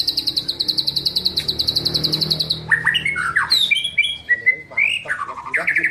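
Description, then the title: Oriental magpie-robin song: a fast, high, repeated trill running for over two seconds, then a varied series of clear whistled and slurred phrases rising and falling, over low background noise. "Kicau Kacer"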